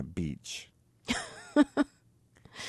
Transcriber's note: soundbite of laughter